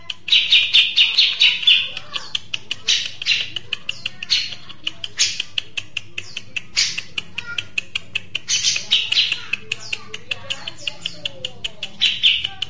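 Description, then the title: Mixed birds, bursts of high chirping among many sharp clicking ticks. "Burung Campur2"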